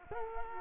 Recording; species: mosquito wingbeat signal from an infrared sensor; Culex quinquefasciatus